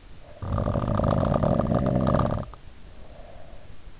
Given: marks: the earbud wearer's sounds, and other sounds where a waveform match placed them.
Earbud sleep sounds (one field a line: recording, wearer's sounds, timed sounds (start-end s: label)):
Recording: sounds in sleep by an in-ear microphone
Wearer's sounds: snoring breath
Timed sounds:
0.01-3.84 s: snoring breath